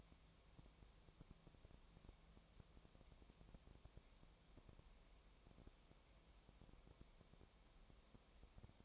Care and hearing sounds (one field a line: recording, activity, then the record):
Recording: daily activity, microphone in the room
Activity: no activity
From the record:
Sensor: 1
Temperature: 19.4 degrees Celsius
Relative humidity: 35.7%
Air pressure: 1003.3 hPa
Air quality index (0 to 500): 113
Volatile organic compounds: 2 ppm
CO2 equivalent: 1263 ppm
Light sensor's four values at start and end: 1/2/1/1 and 1/2/1/1